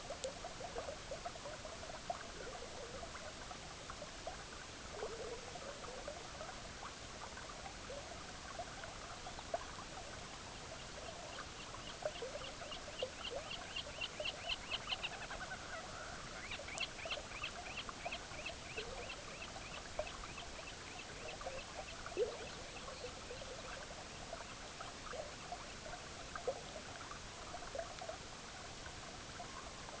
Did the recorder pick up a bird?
yes